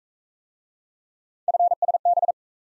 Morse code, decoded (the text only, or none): FSB